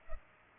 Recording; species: mosquito wingbeat signal from an infrared sensor; Culex pipiens